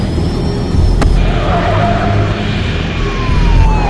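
Police cars drive onto an airport runway after a landed plane, with a steady, loud engine roar and rumbling tires, thin high whining tones gliding faintly above, and one sharp click early on.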